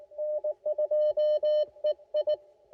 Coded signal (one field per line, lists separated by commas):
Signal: Morse code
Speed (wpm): 19 wpm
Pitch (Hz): 600 Hz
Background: none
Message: N2EI